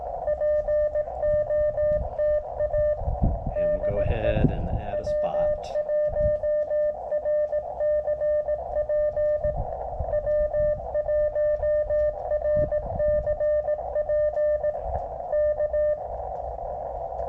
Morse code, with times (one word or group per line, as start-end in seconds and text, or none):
0.3-2.9 POTA
3.6-4.3 DE
4.9-9.5 W1RCP
10.1-14.7 W1RCP
15.3-15.9 K